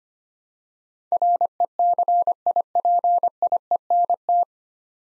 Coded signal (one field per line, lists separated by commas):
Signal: Morse code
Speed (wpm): 25 wpm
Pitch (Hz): 700 Hz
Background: none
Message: RECIPIENT